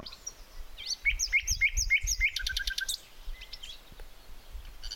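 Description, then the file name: Common nightingale song: a run of repeated whistled notes near mid pitch, then a rapid clicking trill. "Luscinia megarhynchos"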